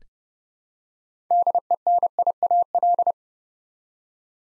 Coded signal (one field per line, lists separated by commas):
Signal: Morse code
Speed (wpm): 30 wpm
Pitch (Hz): 700 Hz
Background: none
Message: DENIAL